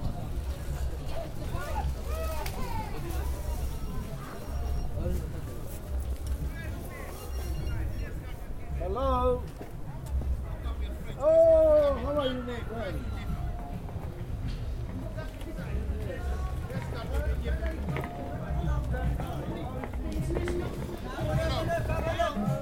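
Voices fill a busy street on the way into a market avenue, with several people talking at once. A steady low rumble of traffic runs underneath throughout. Around nine and eleven seconds, louder voices rise above the crowd.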